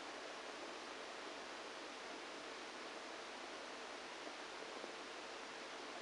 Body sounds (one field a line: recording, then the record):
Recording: brain microelectrode recording played as sound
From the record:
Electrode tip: inside the subthalamic nucleus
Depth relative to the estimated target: 2 mm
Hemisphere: right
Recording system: NeuroSet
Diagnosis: Parkinson's disease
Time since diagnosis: 14 years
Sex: male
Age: 51 years